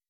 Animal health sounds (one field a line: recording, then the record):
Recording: hydrophone in a shrimp aquaculture tank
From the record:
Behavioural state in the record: weakened